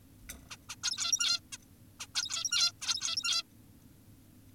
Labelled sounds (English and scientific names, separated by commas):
Zebra Finch (Taeniopygia guttata)